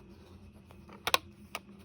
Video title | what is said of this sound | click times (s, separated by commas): OnStage Swaps, Swag and Preorder | There, I heard it click in. | 1.1 s